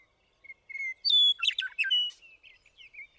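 Western meadowlark song phrase: faint whistled lead-in notes, then a loud, fluty, tumbling run of gurgled notes lasting about a second, fading into soft chirps.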